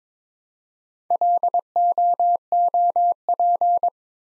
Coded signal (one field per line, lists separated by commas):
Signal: Morse code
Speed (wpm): 22 wpm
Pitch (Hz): 700 Hz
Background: none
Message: LOOP